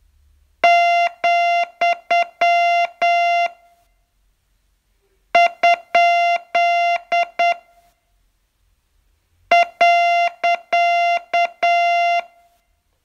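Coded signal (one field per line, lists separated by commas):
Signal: Morse code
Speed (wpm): 8 wpm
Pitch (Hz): 690 Hz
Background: music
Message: , ? .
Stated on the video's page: Morse training lesson, day 40 of a 42-day course.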